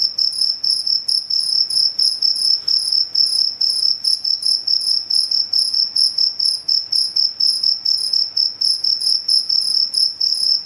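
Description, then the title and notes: Cricket chirping in fast, steady pulses, a high shrill trill repeated more than twice a second without pause, with no other sounds heard. Cricket chirping, said to repel mosquitoes, insects and rats. "Suara Pengusir Nyamuk Anti Masquito. Jangkrik pengusir tikus. Suara Pengusir Serangga dan Tikus"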